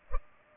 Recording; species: mosquito wingbeat signal from an infrared sensor; Culex pipiens